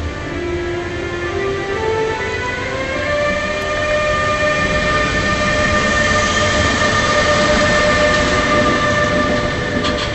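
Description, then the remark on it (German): A train locomotive pulls away from a standstill, its electric drive tones climbing step by step like a scale played on a tenor saxophone over a steady, loud mechanical rumble, with no voices. “Beim Anfahren der Lokomotive aus dem Stillstand ist ein Geräusch zu vernehmen, das an das Durchspielen einer Tonleiter auf einem Tenorsaxophon erinnert.”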